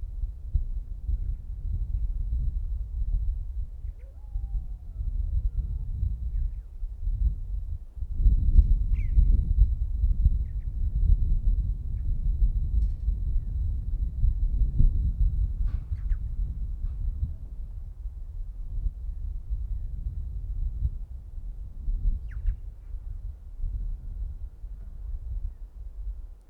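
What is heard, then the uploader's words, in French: Wind over the open Mongolian land buffets in a deep, continuous rumble that swells and eases, with stronger gusts around 8–9 seconds and again near 15. A few faint thin whistles and chirps rise briefly above the roar early on. Pays des 1000 vents - la Mongolie. Dans un même lieu, si peu d'arbres pour les stopper, les vents y passent qu'ils soient doux, légers, tonitruant.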